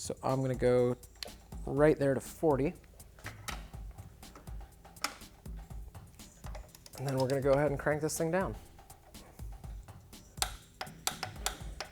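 A torque wrench set to about 40 Nm tightens a Womet-Tech frame slider bolt into the frame of a 2016+ Yamaha XSR900 while someone talks. Scattered tick-like hits follow as the bolt is cranked down, and the wrench breaks over with a sharp click at 11.1 s, reaching its torque setting.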